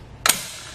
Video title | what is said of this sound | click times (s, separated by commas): etrailer - Test Fit: Thule Camber Bike Rack for 4 Bikes on a 2019 Chevrolet Traverse | I'm gonna go down until we hear that loud audible click letting us know it's locked into place | 0.3 s